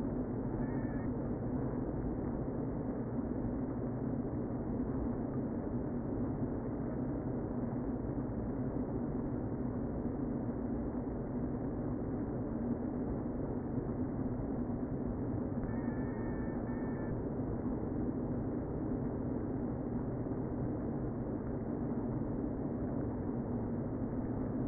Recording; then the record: honeybee colony, microphone inside the hive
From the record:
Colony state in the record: queen present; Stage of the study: before two queens were removed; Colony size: about 60,000 bees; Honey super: yes